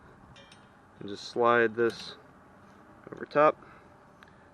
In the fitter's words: then it's just going to click right into place.